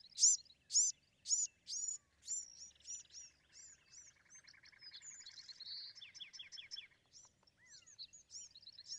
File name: Bewick's Wren